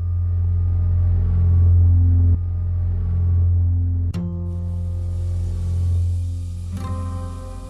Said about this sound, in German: Ein sanfter, gestreckter Opel Rekord B in hellblau. Von 1965, der Wagen meiner Lehrerin in der Grundschule.